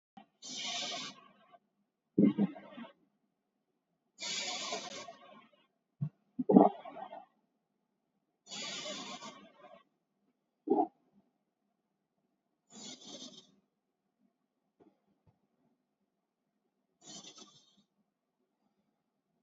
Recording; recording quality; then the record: deep breathing; excellent, no background noise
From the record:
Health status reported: COVID-19 positive, mild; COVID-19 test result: positive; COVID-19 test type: RT-PCR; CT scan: taken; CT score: 3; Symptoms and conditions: cold, fatigue, loss of smell and taste, hypertension, diabetes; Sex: male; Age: 76 years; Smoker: no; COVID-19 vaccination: both doses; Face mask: worn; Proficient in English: yes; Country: India